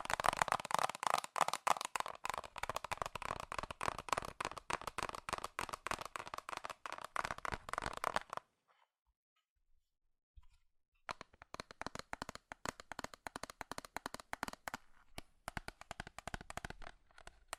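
Rapid, dense metal tapping rattles along in a fast, irregular flurry of sharp, bright clicks for about eight seconds. Then it stops for nearly three seconds of near silence. It resumes slightly sparser and lighter until the end.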